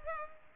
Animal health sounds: mosquito wingbeat signal from an infrared sensor; Culex pipiens

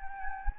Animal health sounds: mosquito wingbeat signal from an infrared sensor; Anopheles gambiae

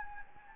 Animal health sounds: mosquito wingbeat signal from an infrared sensor; Anopheles gambiae

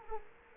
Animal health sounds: mosquito wingbeat signal from an infrared sensor; Culex quinquefasciatus

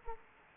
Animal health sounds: mosquito wingbeat signal from an infrared sensor; Anopheles arabiensis

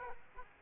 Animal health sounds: mosquito wingbeat signal from an infrared sensor; Aedes aegypti

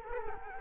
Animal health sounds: mosquito wingbeat signal from an infrared sensor; Culex quinquefasciatus

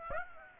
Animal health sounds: mosquito wingbeat signal from an infrared sensor; Aedes aegypti

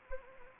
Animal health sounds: mosquito wingbeat signal from an infrared sensor; Anopheles arabiensis

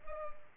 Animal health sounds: mosquito wingbeat signal from an infrared sensor; Culex pipiens

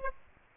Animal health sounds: mosquito wingbeat signal from an infrared sensor; Aedes aegypti

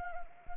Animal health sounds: mosquito wingbeat signal from an infrared sensor; Anopheles arabiensis

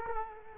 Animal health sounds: mosquito wingbeat signal from an infrared sensor; Culex quinquefasciatus

